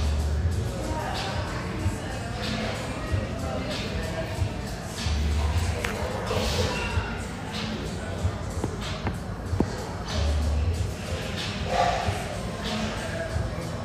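Busy coffee shop chatter, overlapping voices over a steady low hum, with occasional clinks and shuffling, a sharp tap near ten seconds.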